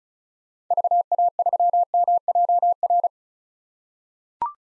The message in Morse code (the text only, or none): VA3MJR